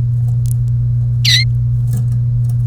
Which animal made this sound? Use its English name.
Domestic Canary